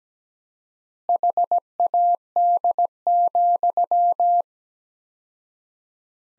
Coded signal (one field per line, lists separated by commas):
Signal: Morse code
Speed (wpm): 17 wpm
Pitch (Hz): 700 Hz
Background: none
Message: HAD,